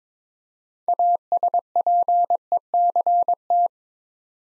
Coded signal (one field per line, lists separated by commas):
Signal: Morse code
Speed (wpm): 22 wpm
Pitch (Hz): 700 Hz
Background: none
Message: ASPECT